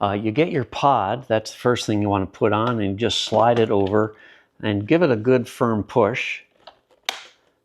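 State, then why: Seated. Someone talks while sliding the pod of a Shark NV360 Navigator Lift-Away Deluxe upright vacuum over its floor nozzle base and giving it a firm push. Two faint ticks come at about 6.7 and 6.9 seconds, then a sharp click at 7.1 seconds as the pod locks onto the base.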